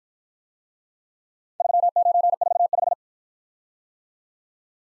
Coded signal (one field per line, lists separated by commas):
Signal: Morse code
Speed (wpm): 53 wpm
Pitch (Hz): 700 Hz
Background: none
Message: 3945